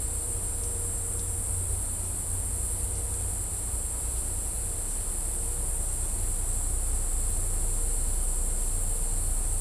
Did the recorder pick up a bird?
no